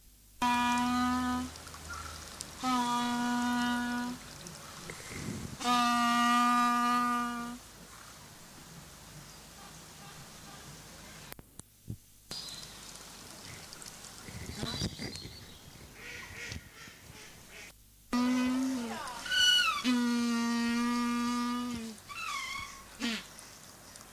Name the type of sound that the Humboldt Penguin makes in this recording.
call